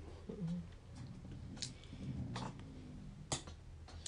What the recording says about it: Miss B is dreaming about being a motorboat. I'm sorry if you could hear that snoring. That's the dog.